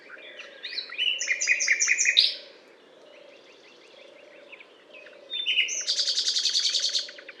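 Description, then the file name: Common nightingale delivering a rich phrase of repeated notes, a quieter pause, then a high, fast rattling trill. Recorded at the Butte calcaire de Gratacap, France, on 19 May 2012. "rossignol philomele Butte calcaire de Gratacap"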